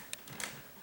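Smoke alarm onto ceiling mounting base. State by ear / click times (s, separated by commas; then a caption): seated / 0.1 s, 0.3 s, 0.4 s. A plastic smoke alarm is given a final twist onto its ceiling mounting base, producing short, sharp clicks at 0.1, 0.3 and 0.4 seconds. The alarm is seated on the base.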